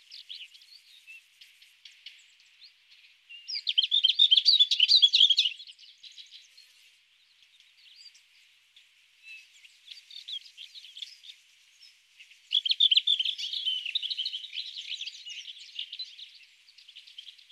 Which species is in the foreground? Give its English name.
Lesser Whitethroat